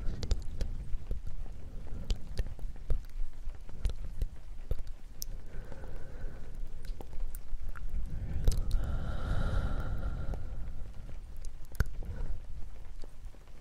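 Soft, irregular tapping in the rain, with sharp little clicks scattered throughout over a steady low rumble. Around six and again from eight to eleven seconds, breathy hushed tones rise and fade, brightest near nine seconds, alongside a faint murmur.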